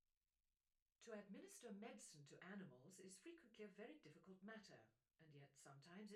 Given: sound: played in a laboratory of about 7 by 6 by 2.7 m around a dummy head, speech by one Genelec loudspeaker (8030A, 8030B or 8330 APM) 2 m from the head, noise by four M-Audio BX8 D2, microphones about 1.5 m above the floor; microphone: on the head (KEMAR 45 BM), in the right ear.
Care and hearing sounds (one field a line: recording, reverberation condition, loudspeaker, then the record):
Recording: female speech in English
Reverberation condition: low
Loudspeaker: 90 degrees to the left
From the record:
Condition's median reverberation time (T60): about 310 ms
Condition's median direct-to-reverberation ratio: about 3.5 dB